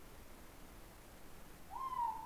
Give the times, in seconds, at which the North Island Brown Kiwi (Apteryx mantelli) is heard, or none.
none